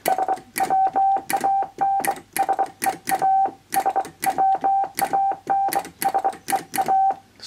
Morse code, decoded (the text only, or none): SWANSEA SWANSEA